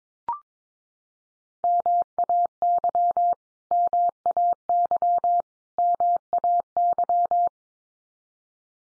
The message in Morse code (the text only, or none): MAY MAY MAY